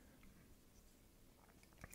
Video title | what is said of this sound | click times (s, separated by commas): SteelSeries Alias Microphones - USB and XLR Beasts for Content Creators and More! | push that through you can kind of hear it click in place with the threads | 1.6 s, 1.8 s, 1.9 s